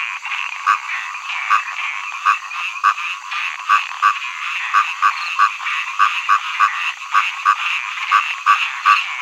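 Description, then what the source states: Frogs calling, sharp rasping croaks spaced a bit apart over a dense background of more frogs croaking. Frogs singing in early summer.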